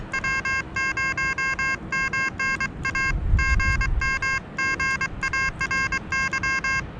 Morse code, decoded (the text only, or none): W0MNA GM GARY